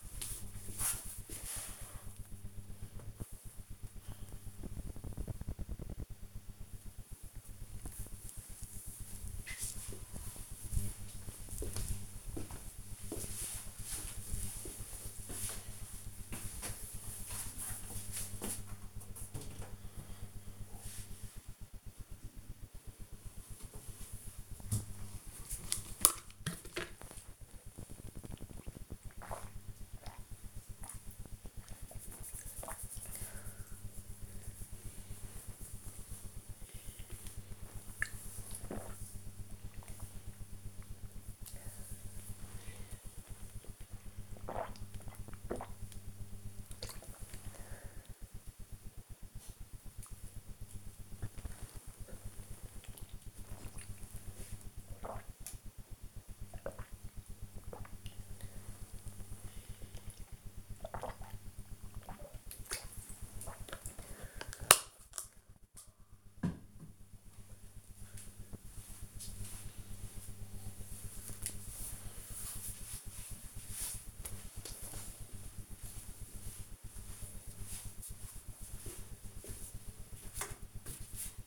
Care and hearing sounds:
household activities, microphone on the right wrist
22.96-67.24 s: drinking

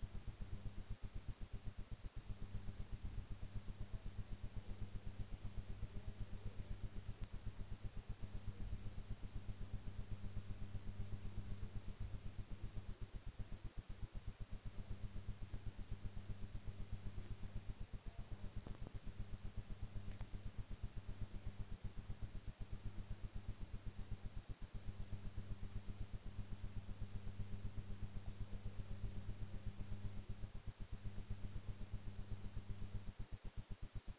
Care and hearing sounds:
household activities, microphone on the right wrist
0.00-34.19 s: working on the computer

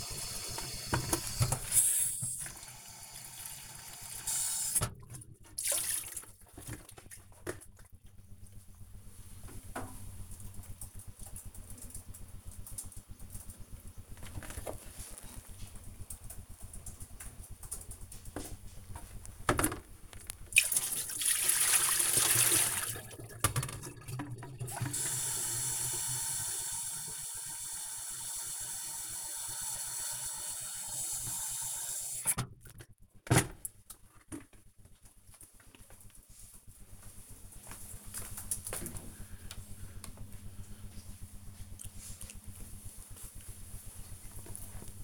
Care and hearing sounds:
household activities, microphone on the right wrist
0.00-13.84 s: refill bucket
18.87-40.06 s: refill bucket

